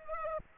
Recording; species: mosquito wingbeat signal from an infrared sensor; Culex pipiens